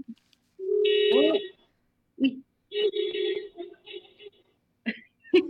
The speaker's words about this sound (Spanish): Se escuchan unos bocinazos por ahí, parece.